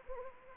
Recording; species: mosquito wingbeat signal from an infrared sensor; Anopheles arabiensis